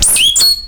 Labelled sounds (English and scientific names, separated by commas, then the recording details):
Stitchbird (Notiomystis cincta) song
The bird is a male
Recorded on Tiritiri Matangi Island, New Zealand, in 2005
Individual 22, of nest box 31